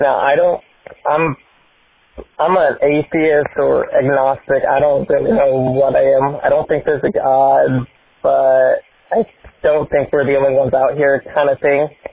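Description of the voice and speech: Adult male speech over a telephone line with a repeated "I'm", a one-second block and stretched sounds, fitting a mild stutter; he has a speech impediment along with the stutter.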